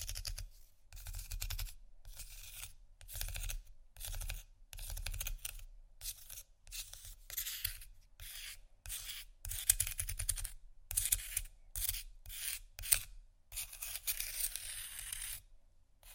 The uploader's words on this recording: Ice Scratch & Tap. No Talking.